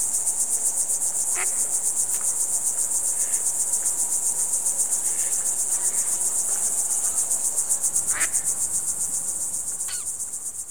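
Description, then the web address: Cricket chirping in a fast, regular high pulse all the way through, with a few sharp faint calls mixed in. "best service Blue Box birds ducks frogs crickets"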